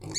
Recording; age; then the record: pig call; weaner (32 to 43 days)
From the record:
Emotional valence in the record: negative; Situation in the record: long isolation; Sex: female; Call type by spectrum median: high-frequency call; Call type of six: mixed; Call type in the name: high-frequency modulated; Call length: 0.19 s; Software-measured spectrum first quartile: 524 Hz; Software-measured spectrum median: 4048 Hz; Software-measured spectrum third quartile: 5960 Hz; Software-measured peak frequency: 6828 Hz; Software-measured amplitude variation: 156 dB a second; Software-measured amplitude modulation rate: 20.6 a second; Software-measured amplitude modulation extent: 7.6 dB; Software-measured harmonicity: 8.6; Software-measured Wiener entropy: -4.09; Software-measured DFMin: 1377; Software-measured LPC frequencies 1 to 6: 560, 2248, 4170, 4485, 5562, 6421 Hz